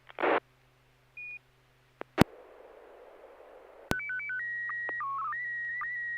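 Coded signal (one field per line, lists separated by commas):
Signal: SSTV (slow-scan television)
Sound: static burst, a short high beep, clicks and hiss, then warbling stepping tones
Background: FM radio hiss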